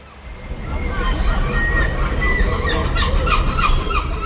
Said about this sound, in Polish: Tutaj jest mewa orla, a tutaj mewa siwa. To one tak krzyczą rano? Tak. Nie dają spać? To prawda.